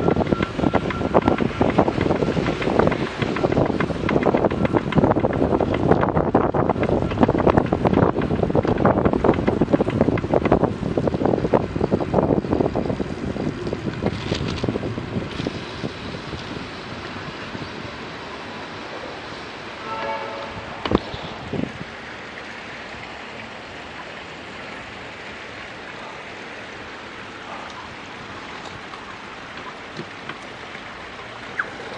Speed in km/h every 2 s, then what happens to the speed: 24, 27, 26, 26, 26, 26, 23, 18, 11, 3, 0, 0, 0, 0, 0, 7.
0-11 steady at about 26. 11-19 slows to 0. 19-28 standing. 28-32 pulls away to 7.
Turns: none.